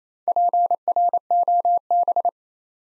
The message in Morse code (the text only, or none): PROB